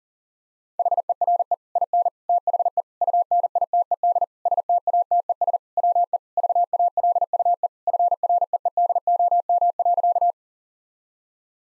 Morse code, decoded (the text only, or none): HERE IN THE UNITED STATES WE VALUE FREEDOM.